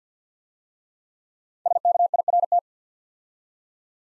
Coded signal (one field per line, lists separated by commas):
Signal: Morse code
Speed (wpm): 51 wpm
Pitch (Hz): 700 Hz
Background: none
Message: SKIRT